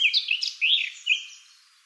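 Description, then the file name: Eurasian blackcap giving a short run of loud, clear fluty whistled notes that slide and fade away. "Sylvia atricapilla"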